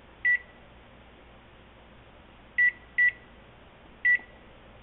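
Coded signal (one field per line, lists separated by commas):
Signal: none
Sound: an oven timer's beeps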